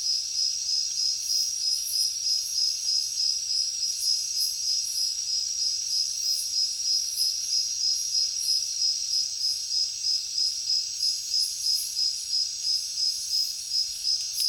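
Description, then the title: Crickets chirping in rapid, even pulses, about three per second, within a steady high-pitched chorus of other insects. Heavy cricket chorus at night in a jungle. "alex productions ambient music nature. Jungle night heavy crickets"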